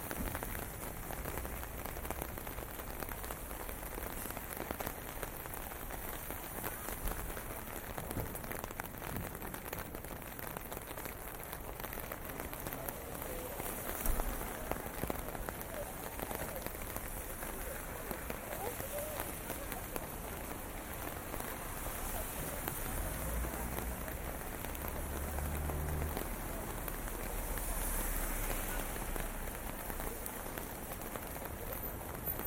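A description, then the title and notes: Steady rain patters on the ground in a city, a dense, even hiss filling the whole stretch. A low rumble of traffic swells briefly around the middle and again near the end, with faint voices. WALKING IN THE RAIN TOKYO JAPAN. Soothing and relaxing ambient sounds from walking in the streets of Tokyo, Japan.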